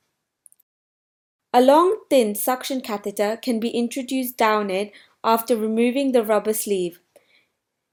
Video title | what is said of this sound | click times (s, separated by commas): Assembling a Rigid Bronchoscope | It can then be gently placed over the port and rotated until it clicks into place. | 0.5 s